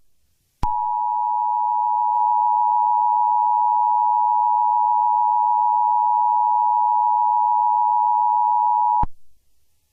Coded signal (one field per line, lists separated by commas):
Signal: Emergency Alert System (SAME) tones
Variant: 853 and 960 Hz attention tone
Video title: EAS scenario: “Men of the night”. Part 1 (spring break special) [OLD]